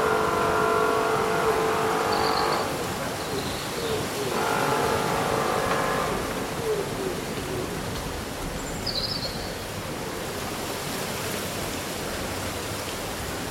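Leaves rustle in a steady, dense hiss that runs the whole way through. A few short, high bird chirps come through sparsely, around two to four seconds and again near nine seconds. A low droning tone rises twice in the first six seconds, then fades.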